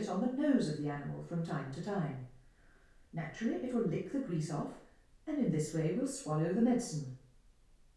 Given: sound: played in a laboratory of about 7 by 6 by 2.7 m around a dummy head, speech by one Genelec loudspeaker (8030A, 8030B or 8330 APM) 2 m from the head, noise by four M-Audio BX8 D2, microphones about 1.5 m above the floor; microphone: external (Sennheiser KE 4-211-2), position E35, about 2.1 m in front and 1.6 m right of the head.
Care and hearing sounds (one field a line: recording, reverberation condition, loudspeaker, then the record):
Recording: female speech in English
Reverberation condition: medium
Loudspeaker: 30 degrees to the left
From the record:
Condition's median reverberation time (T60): about 510 ms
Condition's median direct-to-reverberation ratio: about -0.5 dB